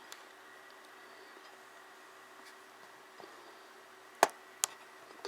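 On an Acer Aspire 5742G laptop, the plastic retaining clips along the edge of the keyboard are pushed in so the keyboard lifts slightly out of the palmrest frame. After a faint tick near the start and a quiet stretch, two sharp clicks at 4.2 s and 4.6 s mark the clips popping open, followed by a few smaller ticks. The keyboard is released.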